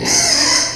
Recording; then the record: squeal of a Yucatan mini pig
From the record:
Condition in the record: before surgery on the right vocal fold (resection and tissue-engineered implant); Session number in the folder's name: 2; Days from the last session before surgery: 0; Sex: male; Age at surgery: 12 weeks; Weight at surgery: 13 kg